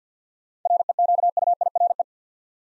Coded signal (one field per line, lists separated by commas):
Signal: Morse code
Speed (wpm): 47 wpm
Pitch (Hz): 700 Hz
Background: none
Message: REQUIRE